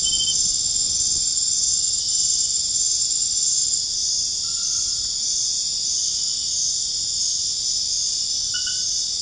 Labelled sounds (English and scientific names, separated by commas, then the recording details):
none
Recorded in dense forest near Puerto Asís, Putumayo, Colombia, on 29 June 2025 at 20:30
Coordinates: 0.481, -76.323
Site G072